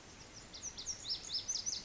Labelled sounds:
Lazuli Bunting (Passerina amoena)
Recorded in Sonoma County, California

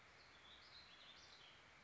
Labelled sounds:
Warbling Vireo (Vireo gilvus)
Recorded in Sonoma County, California

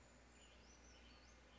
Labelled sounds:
Brown Creeper (Certhia americana)
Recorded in Sonoma County, California

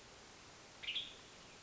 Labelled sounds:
Western Tanager (Piranga ludoviciana)
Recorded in Sonoma County, California

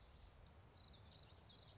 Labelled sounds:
Common Yellowthroat (Geothlypis trichas)
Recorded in Sonoma County, California

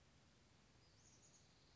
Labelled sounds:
Western Flycatcher (Empidonax difficilis)
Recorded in Sonoma County, California

